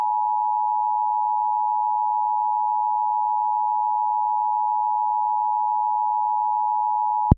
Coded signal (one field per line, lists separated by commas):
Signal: Emergency Alert System (SAME) tones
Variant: 853 and 960 Hz attention tone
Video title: The NYC Wedge- EAS Scenario